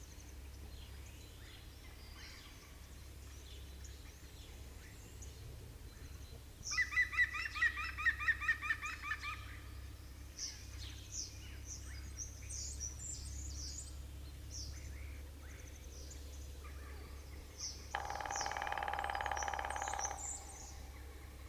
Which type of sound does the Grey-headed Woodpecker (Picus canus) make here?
drumming